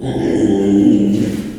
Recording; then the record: squeal of a Yucatan mini pig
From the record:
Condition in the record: after surgery on the right vocal fold (resection and tissue-engineered implant); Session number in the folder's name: 2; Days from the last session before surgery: 13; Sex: male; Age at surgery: 12 weeks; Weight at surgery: 13 kg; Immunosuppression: cyclosporine, prednisolone